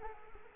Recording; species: mosquito wingbeat signal from an infrared sensor; Culex quinquefasciatus